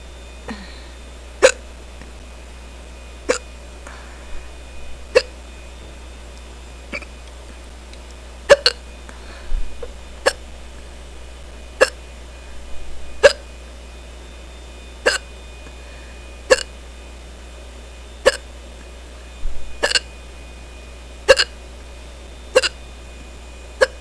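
An adult's hiccups: fourteen sharp, regular hiccups about every 1.6 seconds over a steady background hum.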